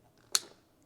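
A plug adapter is pushed onto the connector of a portable EV charger, the J+ Booster, and one sharp, bright click sounds at 0.4 s as the connector snaps home. The adapter is fully seated, and that click is what you must hear to know it is connected; otherwise it can cause a socket error.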